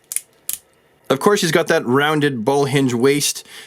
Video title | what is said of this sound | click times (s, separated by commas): GI-JOE Classified Series Zartan | than a poorly working chest torso ball joint it clicks into place too | 0.1 s, 0.5 s